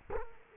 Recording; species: mosquito wingbeat signal from an infrared sensor; Culex quinquefasciatus